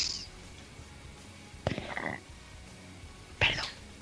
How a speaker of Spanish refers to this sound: Que me ha salido como un casi un eructillo así interior y si se ha escuchado. Madre mía.